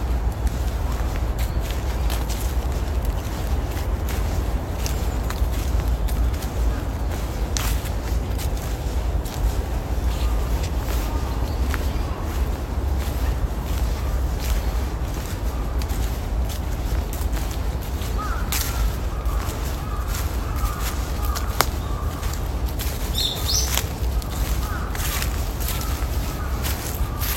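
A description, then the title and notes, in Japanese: A morning walk in a park, with a steady rush of flowing water filling the low and middle range throughout. Faint bird calls chirp now and then, clearer around 18 to 25 seconds, over scattered crunching of footsteps on fallen leaves. 公園の朝散歩より687鳥の声。朝、公園で聴こえてくる小川のせせらぎや滝のオト、小鳥のさえずりや落ち葉ふみなど。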